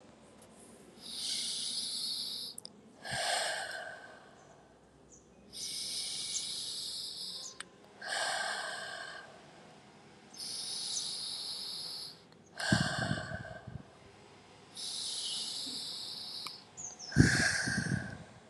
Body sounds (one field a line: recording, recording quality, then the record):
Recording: deep breathing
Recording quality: excellent, no background noise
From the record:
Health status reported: COVID-19 positive, mild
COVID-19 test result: positive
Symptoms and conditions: cough, cold, sore throat, fever, loss of smell and taste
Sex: female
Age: 20 years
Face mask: not worn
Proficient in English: yes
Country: India